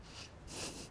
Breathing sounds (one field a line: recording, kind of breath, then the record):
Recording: one breath in and out by a microphone near the nose and mouth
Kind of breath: strong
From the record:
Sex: male